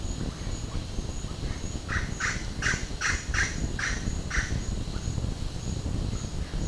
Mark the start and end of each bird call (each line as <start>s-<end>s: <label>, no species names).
1.85s-4.62s: bird call